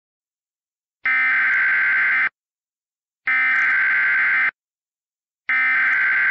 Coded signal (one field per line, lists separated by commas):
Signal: Emergency Alert System (SAME) tones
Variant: header bursts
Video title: *VALID TONES* Hurricane Jerry: Great Lakes Monster - REMASTERED EDITION